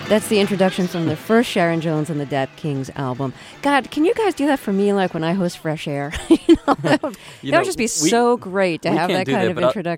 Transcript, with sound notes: That's the introduction from the first Sharon Jones & The Dap-Kings album. God, can you guys do that for me, like, when I host FRESH AIR? (Soundbite of laughter) You know, that would just be so great to have that kind of introduction.